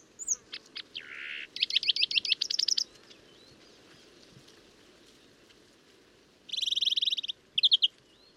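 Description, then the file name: European greenfinch: finch-like buzzy trills and chirps at the start, a quiet gap with faint hiss, then two more short rattling trills. "Chloris chloris"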